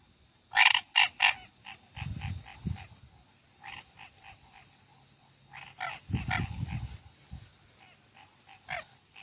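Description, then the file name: Chaco tree frog calling in two bursts of short, sharp pulses, a few loud notes followed by quieter trailing ones. "Boana raniceps"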